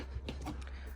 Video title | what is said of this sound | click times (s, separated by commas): How To Retrofit Aftermarket Reverse Camera -- Factory head-unit -- VCDS Coding -- VW Golf MK7 GTI | and lift it like that you'll hear it click | 0.3 s